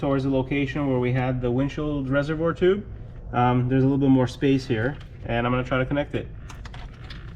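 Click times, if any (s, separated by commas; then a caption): none. On a 2024+ Lexus GX 550 during an 11-inch light bar install, an adapter pigtail plug is moved toward the vehicle's wiring harness connector near the windshield reservoir tube, where there is a little more space, in a tight engine-bay spot. Someone talks for most of the clip, and a few faint, brief handling ticks follow near the end. Nothing has seated or clicked yet.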